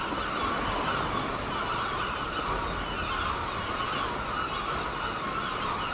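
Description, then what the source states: Gulls keep up a steady din of overlapping cries. Gulls at Seaton, dated 17 03.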